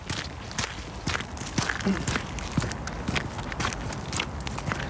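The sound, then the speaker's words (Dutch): Steady footsteps walking through a city park, each step a crisp, crunching tap in a fairly even rhythm, moderately loud over a soft outdoor hiss, with no one speaking. “Ja, laten we een rondje gaan lopen.”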